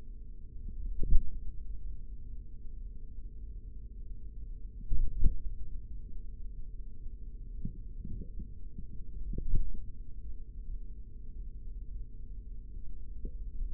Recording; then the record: forearm muscle sounds (acoustic myography)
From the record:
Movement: tripod grip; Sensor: system 3, bracelet of six PUI Audio POM-2738L microphones around the upper forearm, with dedicated amplification and filtering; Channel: 3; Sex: male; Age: 56 years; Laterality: right